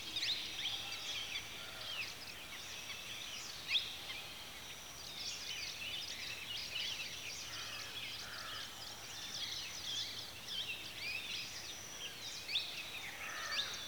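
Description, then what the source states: Chorus of birds, with dense twittering and high chirps running continuously, many callers overlapping with no pauses. Birds at a watering hole in the afternoon.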